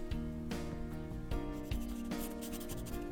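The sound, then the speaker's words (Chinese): A fountain pen scratches across paper in short, uneven strokes with brief pauses as someone works out calculations on paper, over a steady low tonal hum in the background. “我已经好几年没有在纸上运算过了，你这里的账目系统太原始了。”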